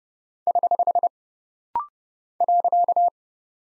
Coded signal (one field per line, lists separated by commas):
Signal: Morse code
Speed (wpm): 30 wpm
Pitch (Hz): 700 Hz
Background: none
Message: <HH> .